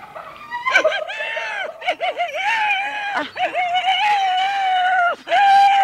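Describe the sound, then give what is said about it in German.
A person imitates a hyena with high, wavering whoops and giggly yelps, choppy at first, then drawn out into long quavering cries, loud and continuous with no other sound. “Ah, du bist ja furchtbar als Hyäne.”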